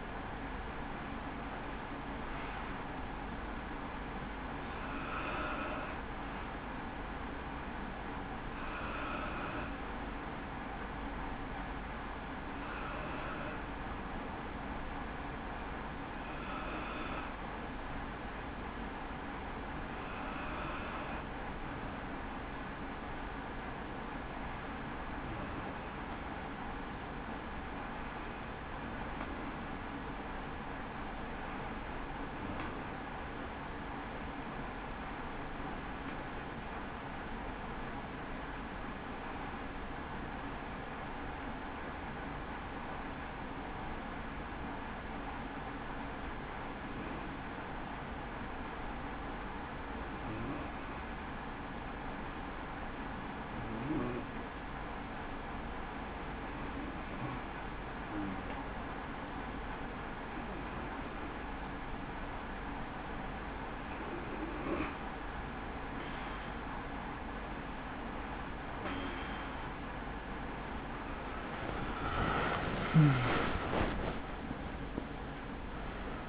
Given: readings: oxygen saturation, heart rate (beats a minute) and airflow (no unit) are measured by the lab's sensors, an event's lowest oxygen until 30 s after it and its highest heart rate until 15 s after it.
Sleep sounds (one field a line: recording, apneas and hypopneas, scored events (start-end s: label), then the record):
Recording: breathing in sleep by a voice recorder at the bedside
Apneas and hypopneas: 1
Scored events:
31.00-70.70 s: hypopnea (N2, oxygen 94% highest, then 88% lowest, heart rate 78 at the start, 89 highest)
63.00-76.29 s: new sleep stage, N1 (lightest sleep)
From the record:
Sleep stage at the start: N2 (light sleep)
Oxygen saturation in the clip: 88 to 94%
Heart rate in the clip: 57 to 87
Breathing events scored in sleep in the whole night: 160 in 9.3 hours asleep